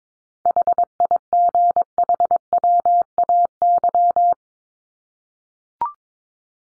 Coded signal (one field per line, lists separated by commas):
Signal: Morse code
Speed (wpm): 22 wpm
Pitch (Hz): 700 Hz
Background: none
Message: HIGHWAY